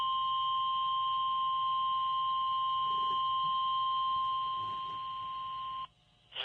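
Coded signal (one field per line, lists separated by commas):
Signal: Emergency Alert System (SAME) tones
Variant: 1050 Hz attention tone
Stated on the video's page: Real EAS alerts recorded live, mostly severe thunderstorm warnings and an observed tornado warning.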